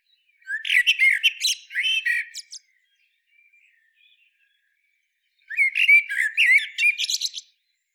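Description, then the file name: Eurasian blackbird song: two warbled phrases, each starting with low fluty notes and ending in a high squeaky twitter, about five seconds apart, in quiet surroundings. "Turdus merula"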